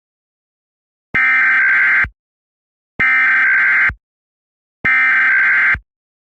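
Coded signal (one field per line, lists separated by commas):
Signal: Emergency Alert System (SAME) tones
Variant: header bursts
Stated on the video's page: Tornado alert in a fictional EAS scenario.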